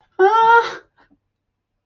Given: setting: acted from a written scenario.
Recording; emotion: vocal sound without words; distress